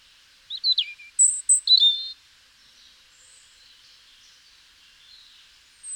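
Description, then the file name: European robin giving one short burst of high, trilling, sliding notes, followed by several seconds of near quiet. "Erithacus rubecula"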